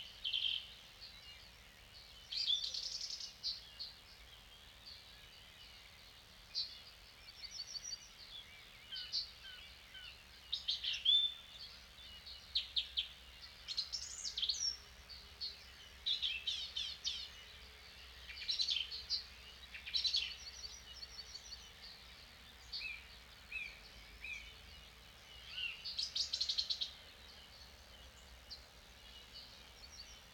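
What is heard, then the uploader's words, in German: An evening in a clay pit, with frequent bright bird chirps and trills over quiet low ambient rumble, lively throughout. Eine Kunstkopfaufnahme eines Abends in der Lehmgrube.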